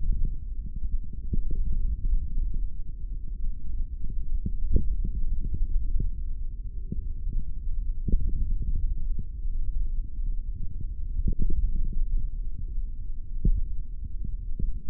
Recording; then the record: forearm muscle sounds (acoustic myography)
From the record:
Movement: hand opening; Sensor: system 3, bracelet of six PUI Audio POM-2738L microphones around the upper forearm, with dedicated amplification and filtering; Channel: 4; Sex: male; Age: 23 years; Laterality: right